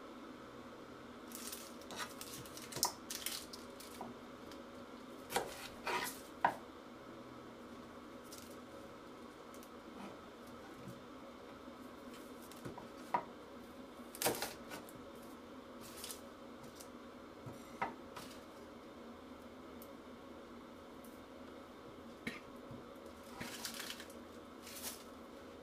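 Cooking a tomato sauce pasta, with a steady low hum running underneath throughout. Short clicks, clatters and taps of utensils and pans break in irregularly, grouped around 2–3, 5–6.5, 14, and 23–24 seconds, with quieter scraping and soft squishy sounds between.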